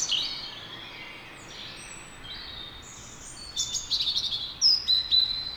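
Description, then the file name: European robin song: thin, high warbled phrases, quieter notes, then a quicker run of sharp twittering notes near the end. "Erithacus rubecula"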